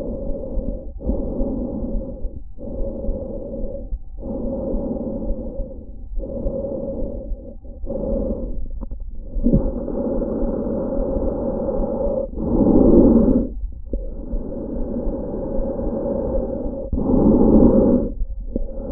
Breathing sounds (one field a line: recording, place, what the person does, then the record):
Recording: lung sounds by stethoscope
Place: trachea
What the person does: quiet breathing, then deep breathing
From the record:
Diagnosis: interstitial lung disease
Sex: female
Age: 60 years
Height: 152 cm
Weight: 55.9 kg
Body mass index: 24.2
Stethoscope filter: diaphragm mode